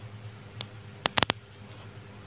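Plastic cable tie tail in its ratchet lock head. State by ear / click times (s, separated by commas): seated / 0.6 s, 1.1 s, 1.2 s, 1.3 s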